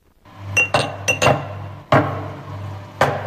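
Small glass vodka bottles, mostly 200 ml, clink together in a grocery shop in Lublin, Poland, in a quick irregular series of bright, sharp knocks, several close together early on, then a couple more spaced out, with a faint low hum underneath.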